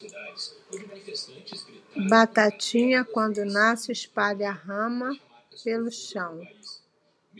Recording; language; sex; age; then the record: short text; Brazilian Portuguese; female; 60 to 69 years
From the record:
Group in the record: control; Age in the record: 68 years